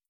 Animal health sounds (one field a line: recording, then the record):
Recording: hydrophone in a shrimp aquaculture tank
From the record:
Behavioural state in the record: starved